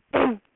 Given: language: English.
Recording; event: throat vibration sensor signal played as sound; throat clearing